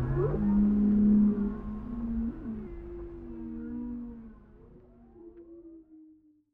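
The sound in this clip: Whale song: a strong low moan followed by gliding tones that fade out, with a few thin upsweeps at the end.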